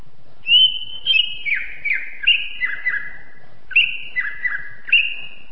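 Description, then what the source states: Greater green leafbird song: loud whistled notes that slide downward in two descending series, separated by a short gap, clean and melodic. Champion songbird singing.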